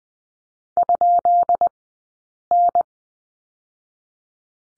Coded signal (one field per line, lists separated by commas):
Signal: Morse code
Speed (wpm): 20 wpm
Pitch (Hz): 700 Hz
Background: none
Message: ?N